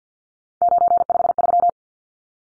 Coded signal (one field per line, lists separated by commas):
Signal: Morse code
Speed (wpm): 50 wpm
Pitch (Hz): 700 Hz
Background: none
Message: 953